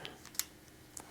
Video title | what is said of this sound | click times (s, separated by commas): Chirp Halo Wireless Muscle Stimulator Review (Doctor’s Honest Opinion) | we're going to line up the connections, and it's just going to lock into place. | 0.4 s